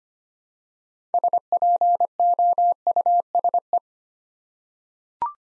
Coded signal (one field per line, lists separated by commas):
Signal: Morse code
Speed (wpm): 25 wpm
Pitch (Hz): 700 Hz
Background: none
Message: SPOUSE